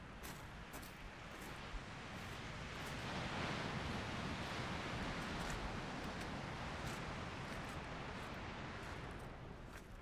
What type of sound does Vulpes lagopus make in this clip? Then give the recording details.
call. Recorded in the wild. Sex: male. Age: adult. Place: Insel Mednyi, Kommandeur-Inseln, RU. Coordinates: 54.5167, 168.083. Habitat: tundra. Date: 1999-07-26. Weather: fair, 11°C, no wind. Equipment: Sony TCD-D8, Sennheiser MKH 70, Windkorb. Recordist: Frommolt, Karl-Heinz. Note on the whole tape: Nördlich von Kap Dlinnyi: an Höhle. Wa-Rufe von Polarfuchsrüde (Uli) rechts Rot/Rot 40. Tier folgt Beobachter in nördliche Richtung. An Reviergrenze Bellstrophen. Entfernung 8 bis 40 m